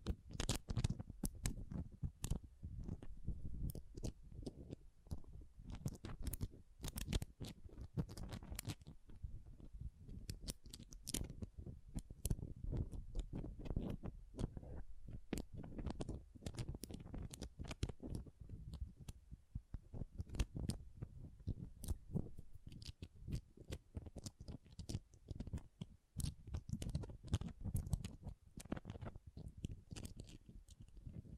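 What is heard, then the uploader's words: Pom pom tingles: dense, continuous soft scratching and rustling with quick sharp crackles scattered throughout. Low muffled rubbing sits underneath the whole time, while brighter ticks and snips pop up irregularly, several per second, at a fairly even loudness. ASMR Ultimate Pom Pom Tingles (No Talking).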